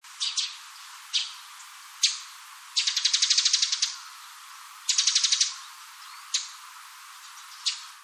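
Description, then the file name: Eurasian tree sparrow chirps, sharp harsh notes given singly and in a fast rattling burst, repeated irregularly over a hissy background. "suzume"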